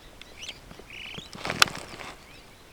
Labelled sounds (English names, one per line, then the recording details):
Superb Starling flight call
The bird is a female
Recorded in Kenya on 6 July 2010
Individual 4, of group CF1